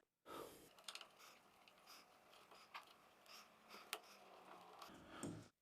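A sliding barn door is pushed along its track into the end stop with rubber bumpers, which have just been tightened. Soft rolling and scraping lead to one sharp knock at 3.9 s as the door catches in the stop and seats.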